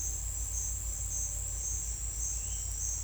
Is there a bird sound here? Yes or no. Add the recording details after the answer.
no. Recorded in secondary vegetation near Puerto Asís, Putumayo, Colombia, on 18 December 2024 at 09:00. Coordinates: 0.481, -76.318. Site G042